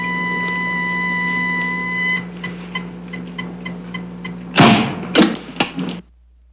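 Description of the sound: A medical defibrillator: a steady high-pitched charging tone for about two seconds, then a series of clicking beeps, followed by a loud discharge thump and clattering noises as the shock is delivered.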